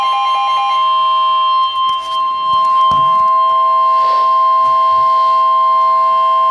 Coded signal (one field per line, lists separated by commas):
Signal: Emergency Alert System (SAME) tones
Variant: 1050 Hz attention tone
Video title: Severe T-Storm Warning [EAS #120] 7-26-12